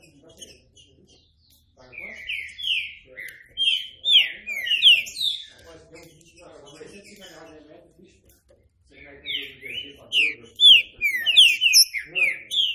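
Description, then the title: Green-winged saltator song: loud, clear whistled notes, each sliding down, strung into quick phrases. One phrase runs early and a second follows after a pause, over faint low warbling. Classic song style (canto clássico), used for song training. "Canto Clássico Trinca Ferro TREINAMENTO"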